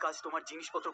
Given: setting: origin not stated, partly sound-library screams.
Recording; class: one-second piece from a danger detection set; woman in danger